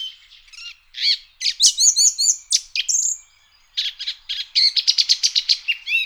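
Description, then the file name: Song thrush song, a run of bright whistled and clipped phrases, several notes repeated in quick succession, a short gap near the middle before the song resumes. "turdus philomelos"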